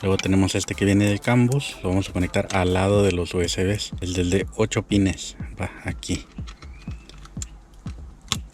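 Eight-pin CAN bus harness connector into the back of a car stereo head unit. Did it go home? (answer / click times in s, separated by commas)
yes / 8.3 s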